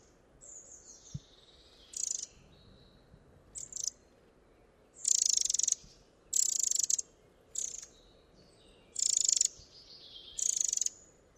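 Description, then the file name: Eurasian wren giving short, dry, buzzy rattling bursts, each about half a second, repeated at irregular intervals, with faint thin whistles behind. "Troglodytes troglodytes"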